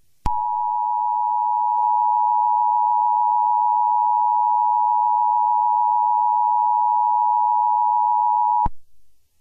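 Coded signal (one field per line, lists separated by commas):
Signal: Emergency Alert System (SAME) tones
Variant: 853 and 960 Hz attention tone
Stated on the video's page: Fictional EAS scenario series.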